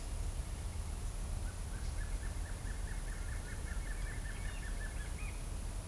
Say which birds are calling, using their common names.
Black-crested Antshrike